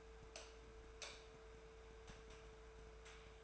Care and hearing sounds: daily activity, microphone in the room; light off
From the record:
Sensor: 2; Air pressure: 1014.4 hPa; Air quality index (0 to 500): 173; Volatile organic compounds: 11 ppm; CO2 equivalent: 2288 ppm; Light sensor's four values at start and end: 36/92/39/43 and 32/77/33/37

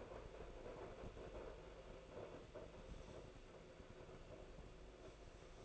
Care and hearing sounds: daily activity, microphone in the room; make coffee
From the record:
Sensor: 5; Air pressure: 1009.5 hPa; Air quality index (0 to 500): 168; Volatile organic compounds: 4 ppm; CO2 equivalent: 1629 ppm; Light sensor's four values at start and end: 92/245/100/105 and 92/244/99/105

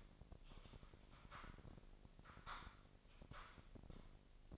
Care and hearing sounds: daily activity, microphone in the room; typing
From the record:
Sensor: 5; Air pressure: 1007.7 hPa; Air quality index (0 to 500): 95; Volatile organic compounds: 1 ppm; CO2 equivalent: 748 ppm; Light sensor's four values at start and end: 36/85/35/35 and 36/85/34/35

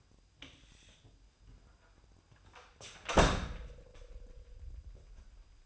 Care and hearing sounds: daily activity, microphone in the room; close door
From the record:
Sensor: 2

